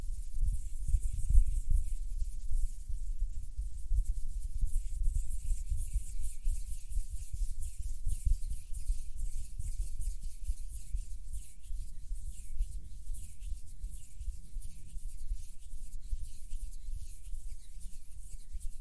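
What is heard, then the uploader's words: Hands rub together steadily, a quick repeating dry swishing over a low rumble, with a bump near two seconds. HAND SOUNDS + SOFT HAND MOVEMENS. With mic blowing.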